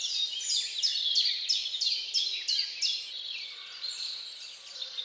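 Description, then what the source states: Bird song, a run of bright descending trilled notes repeated about three times a second, then fading into softer chirps as other birds sing faintly behind. Dawn birdsong, nature sounds.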